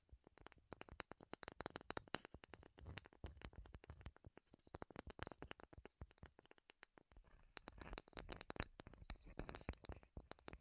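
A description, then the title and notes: Wooden tapping and clicking triggers sound in rapid, irregular bursts throughout, with sharp crisp hits, a brief lull near eight seconds, then renewed density. ASMR Wood Triggers in Your Ears (No Talking).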